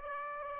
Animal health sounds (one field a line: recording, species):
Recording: mosquito wingbeat signal from an infrared sensor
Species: Aedes aegypti